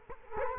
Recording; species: mosquito wingbeat signal from an infrared sensor; Culex quinquefasciatus